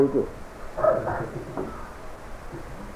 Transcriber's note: laughter